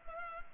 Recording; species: mosquito wingbeat signal from an infrared sensor; Culex pipiens